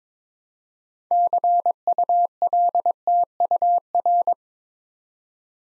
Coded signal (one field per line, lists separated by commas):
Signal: Morse code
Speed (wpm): 22 wpm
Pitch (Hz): 700 Hz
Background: none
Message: CULTUR